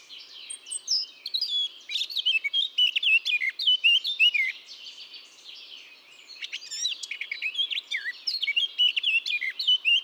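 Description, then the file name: Eurasian blackcap song, continuous jumbled high warbling notes. "Sylvia atricapilla"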